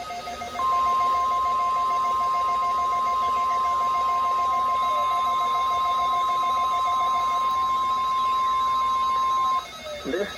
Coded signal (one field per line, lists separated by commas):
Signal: Emergency Alert System (SAME) tones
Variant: 1050 Hz attention tone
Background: speech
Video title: (EAS #112) KMKX Required Weekly Test